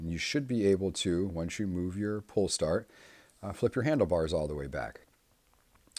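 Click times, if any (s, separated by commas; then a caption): 6.0 s. Someone talks while the folded handlebar of a Toro 22" (56cm) SmartStow High Wheel Mower (21445) is flipped back into mowing position after its blue plastic locking tabs are flipped up. The room goes quiet before a sharp click at 6.0 s as the tabs snap into place. The tabs seat, though possibly not fully, since they still need a jiggle to lock completely.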